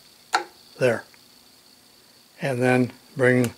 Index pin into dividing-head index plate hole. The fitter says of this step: like to let it drop in. You'll hear it click there.